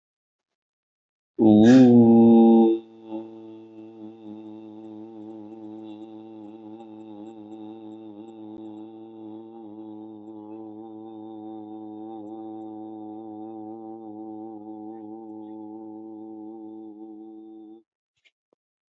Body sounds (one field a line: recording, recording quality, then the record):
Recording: sustained vowel as in boot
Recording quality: excellent, no background noise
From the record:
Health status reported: healthy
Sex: male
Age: 32 years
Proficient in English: yes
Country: India